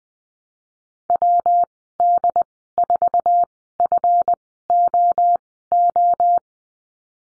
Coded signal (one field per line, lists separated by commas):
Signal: Morse code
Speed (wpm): 20 wpm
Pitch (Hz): 700 Hz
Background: none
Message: WD4FOO